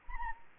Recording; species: mosquito wingbeat signal from an infrared sensor; Anopheles arabiensis